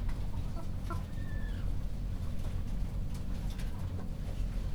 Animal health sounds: poultry house recording; sick chickens (respiratory disease)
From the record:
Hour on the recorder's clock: 21

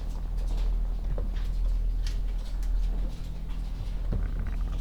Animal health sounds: poultry house recording; sick chickens (respiratory disease)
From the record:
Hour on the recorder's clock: 16

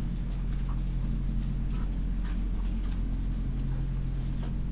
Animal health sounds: poultry house recording; sick chickens (respiratory disease)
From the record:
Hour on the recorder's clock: 23

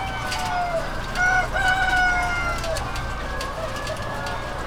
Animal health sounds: poultry house recording; healthy chickens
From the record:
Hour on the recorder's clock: 21

